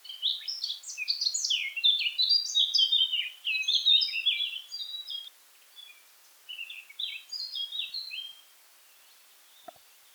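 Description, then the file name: Eurasian blackcap giving a loud, rapid, varied warbling phrase, then after a short gap a quieter, shorter warbled phrase. "Sylvia atricapilla"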